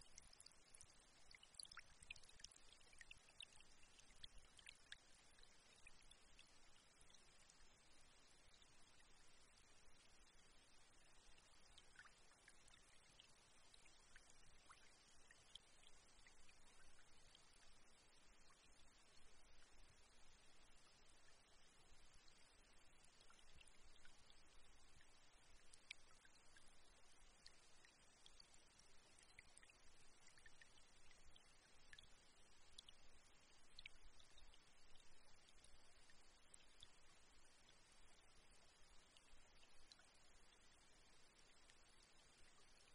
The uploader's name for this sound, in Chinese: 非常舒缓的流水